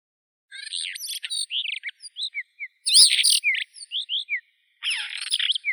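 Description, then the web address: Blue rock thrush song in a lively jumble of sharp rising and falling whistles and scratchy notes, delivered in busy bursts with brief gaps. "Monticola solitarius song. birds of the ussr"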